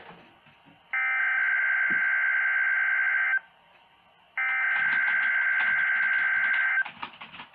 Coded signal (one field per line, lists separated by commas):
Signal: Emergency Alert System (SAME) tones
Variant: header bursts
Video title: [EAS #45] RWT (3/28/2018)